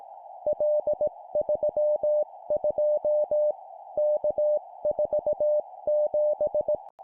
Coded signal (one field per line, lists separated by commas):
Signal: Morse code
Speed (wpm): 18 wpm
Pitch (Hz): 600 Hz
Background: none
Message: L32 K47